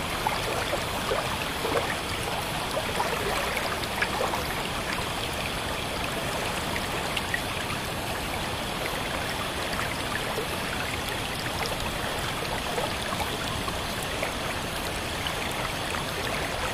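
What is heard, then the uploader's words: A stream runs steadily at night, its water a dense, unbroken rush with fine splashing and trickling detail layered on top. The flow holds an even level throughout, bright, with small gurgles flickering quickly across the constant wash. The soothing ambience of a stream at night whisks away the stress of the day. In the foreground you can hear a gentle bubbling sound (reminiscent of our bamboo water fountain video) as the water swiftly flows over small rocks. Further out, you can hear a fuller river sound from the main body of flowing water.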